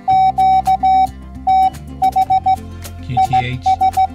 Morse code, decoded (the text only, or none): QTH IS